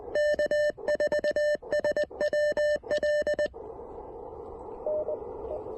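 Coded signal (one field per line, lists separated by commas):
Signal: Morse code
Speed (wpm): 19 wpm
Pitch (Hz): 590 Hz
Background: radio noise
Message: K4SWL NE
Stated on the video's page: Morse from a QRP Parks on the Air activation at a lakeside park using an Elecraft KX1 and an MC-750 antenna.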